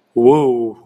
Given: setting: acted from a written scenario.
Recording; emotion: vocal sound without words; realization